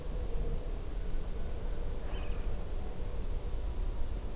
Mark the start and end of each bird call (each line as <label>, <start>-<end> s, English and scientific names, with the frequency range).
Water Rail (Rallus aquaticus) (2.2-3.3 kHz), 2.11-2.56 s